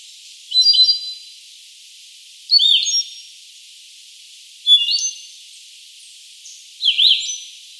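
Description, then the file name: Andean solitaire delivering four ringing phrases of pure high whistles and fast slurred notes, evenly repeated about every two seconds against light hiss. "Andean Solitaire Myadestes ralloides"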